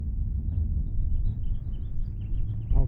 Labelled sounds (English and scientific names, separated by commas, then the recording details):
House Finch (Haemorhous mexicanus) song
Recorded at Neponsit on Long Island, New York, on 4 June 1975
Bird G